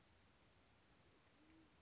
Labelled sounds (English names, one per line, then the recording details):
Band-tailed Pigeon
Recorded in Sonoma County, California